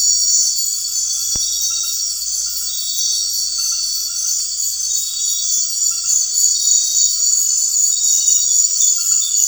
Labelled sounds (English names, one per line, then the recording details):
none
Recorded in secondary vegetation near Puerto Asís, Putumayo, Colombia, on 4 March 2025 at 20:30
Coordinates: 0.499, -76.323
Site G094